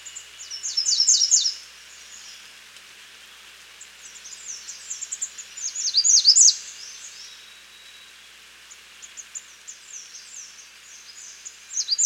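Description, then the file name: American redstart repeating its high, thin song of rapid down-slurred notes every few seconds, with soft high notes between phrases. "Setophaga ruticilla - American Redstart"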